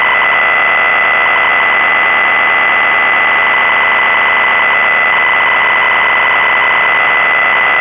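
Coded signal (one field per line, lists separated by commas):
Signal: ZX Spectrum tape loading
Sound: continuous harsh buzzing data screech with a steady high whine, no pauses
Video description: Versión para ZX Spectrum de la canción Bibo, con su carga y todo.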